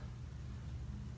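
A camera lens is being lined up on the white index squares and handled onto the mount of a Canon T7i DSLR body, over a steady low rumble and hum with faint broadband hiss and no distinct transients. The clip ends before the lens goes home; nothing has seated or clicked yet.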